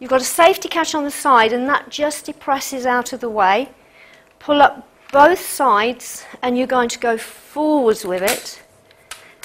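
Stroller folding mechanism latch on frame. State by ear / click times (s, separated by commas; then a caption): seated / 9.1 s, 9.4 s. Someone talks while releasing the side safety catch on a Maxi-Cosi Mura 4 stroller and folding the frame forwards and down. The latch on the frame's fold mechanism clicks in at 9.1 s and 9.4 s, locking the stroller folded.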